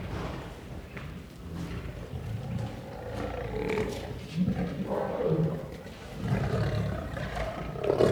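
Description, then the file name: Lion growling in low, rough rumbles with slight swells, strongest toward the end. Growling and roaring. "Het grommen en brullen van een leeuw - Beeld en Geluid"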